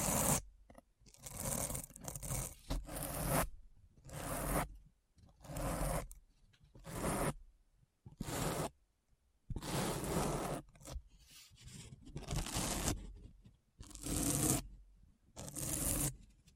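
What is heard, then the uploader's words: Scratching sounds come in repeated rough strokes, each lasting about half a second to a second, with short silent gaps between them. The strokes are harsh and full, from low rumble to bright hiss, and continue at a fairly regular pace throughout. ASMR Deep Brain Scratch (No Talking).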